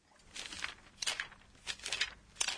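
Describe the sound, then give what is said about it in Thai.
Quick papery rustles and flutters of book pages being flipped rapidly, coming in several short bursts of crisp, hissy swishes with brief pauses between them. No one speaks. “นั่นก็เป็นเสียงที่เราพลิกหน้าหนังสือเร็วๆนะคะเราจะอธิบายเสียงนี้ในภาษาญี่ปุ่นว่ายังไงดีคะ”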